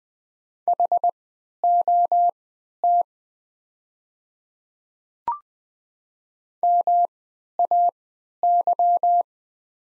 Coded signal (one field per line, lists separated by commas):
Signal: Morse code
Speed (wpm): 20 wpm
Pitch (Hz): 700 Hz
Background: none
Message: HOT MAY